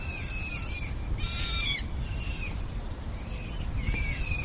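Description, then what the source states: Eurasian coot young making thin, level to falling whistled peeps, a few louder stacked notes in between, over low continuous rumble. Young birds.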